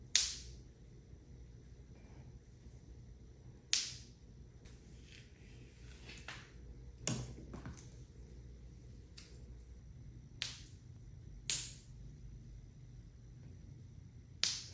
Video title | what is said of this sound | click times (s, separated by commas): Beauty Secret to Long-Lasting Bomb Hair: Wearing MaxFull Seamless Clip in Hair for 2 Weeks! | you want to make sure that your clip-ins are secure you have to listen for that snap | 0.2 s, 3.7 s, 7.1 s, 10.4 s, 11.5 s, 14.4 s